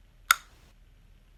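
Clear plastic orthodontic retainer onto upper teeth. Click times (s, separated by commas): 0.3 s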